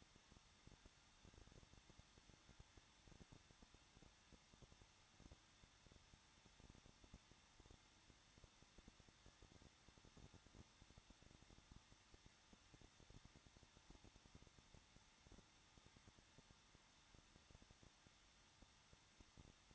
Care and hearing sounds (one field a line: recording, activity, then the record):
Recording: daily activity, microphone in the room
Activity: no activity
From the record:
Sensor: 3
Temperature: 21.2 degrees Celsius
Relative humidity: 36.4%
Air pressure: 1006.4 hPa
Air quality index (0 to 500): 223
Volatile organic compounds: 42 ppm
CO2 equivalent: 3185 ppm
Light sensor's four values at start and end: 2/3/2/2 and 2/3/2/2